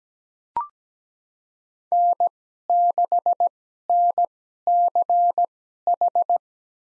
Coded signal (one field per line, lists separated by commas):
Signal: Morse code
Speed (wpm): 17 wpm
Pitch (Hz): 700 Hz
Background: none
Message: N6NCH